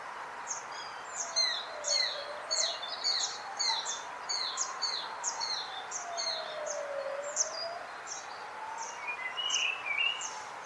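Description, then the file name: Eurasian sparrowhawk calls: a fast run of short, sharp high notes repeated about twice a second, over a slow, wavering low tone that rises and falls. "karvaly hangja"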